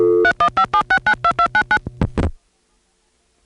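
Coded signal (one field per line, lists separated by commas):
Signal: DTMF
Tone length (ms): 80 ms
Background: music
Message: 3157692299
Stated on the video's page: Long-distance telephone tones from a 1977 call from New York City to the 315 area code.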